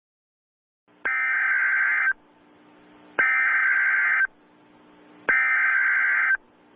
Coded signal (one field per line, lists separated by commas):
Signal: Emergency Alert System (SAME) tones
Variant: header bursts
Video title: Hazbin Hotel - An EAS Scenario